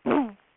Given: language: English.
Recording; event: throat vibration sensor signal played as sound; throat clearing